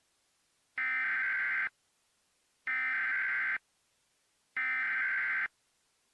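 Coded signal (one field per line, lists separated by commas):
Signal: Emergency Alert System (SAME) tones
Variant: header bursts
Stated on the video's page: Fictional EAS scenario about riots, a simulation.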